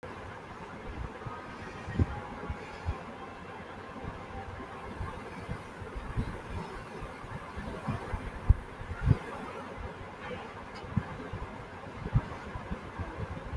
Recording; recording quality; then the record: shallow breathing; excellent, no background noise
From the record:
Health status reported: healthy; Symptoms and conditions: none ticked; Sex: male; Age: 43 years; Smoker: not ticked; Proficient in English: yes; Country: India